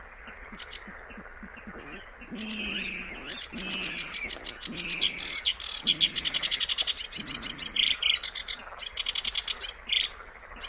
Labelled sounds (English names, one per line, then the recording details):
Sedge Warbler song
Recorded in the wild
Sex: male
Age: adult
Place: Kützerhof, Kummerower See, Mecklenburg-Vorpommern, DE
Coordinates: 53.8494, 12.8597
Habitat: wetland
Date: 2009-06-16
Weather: fair, ca. 15 °C, weak westerly winds
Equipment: Sound Devices 702, Sennheiser MKH 70, Popschutz
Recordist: Frommolt, Karl-Heinz